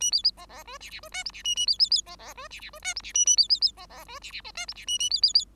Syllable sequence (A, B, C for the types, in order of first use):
A B C C D E E D F G E A A B B B C C D E E D F G E A A B B B C C D E E F G E A A B B B